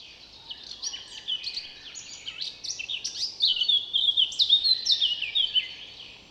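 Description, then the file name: Eurasian blackcap singing, starting with soft chattering warbles and rising into a loud run of rich, whistled phrases toward the end. "Sylvia atricapilla"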